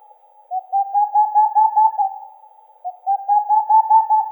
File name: Aegolius funereus